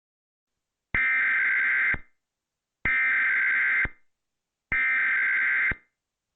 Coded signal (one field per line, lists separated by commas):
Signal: Emergency Alert System (SAME) tones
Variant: header bursts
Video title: EAS Tornado warning OK